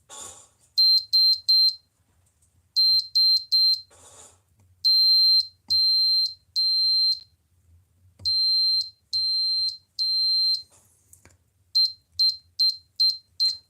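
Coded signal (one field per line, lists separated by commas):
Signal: beep code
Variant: model rocket flight altimeter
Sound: high piercing beeps: three short, three short, three long, three long, then quick repeating beeps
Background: faint low hum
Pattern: 3 short, 3 short, 3 long, 3 long, then repeating short beeps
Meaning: Battery and memory are sufficient, continuity shows on channels A and B, and the altimeter is ready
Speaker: free F beeps free F beeps means sufficient battery and sufficient memory for the flight the next will be continuity on a and continuity on B because there's nothing connected it should give us three long beeps and then three long beeps followed by Contin beeps showing it is ready so flick it down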